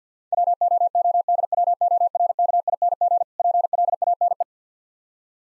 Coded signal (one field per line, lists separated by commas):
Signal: Morse code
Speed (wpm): 50 wpm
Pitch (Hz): 700 Hz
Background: none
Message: WOODWORKING PLANE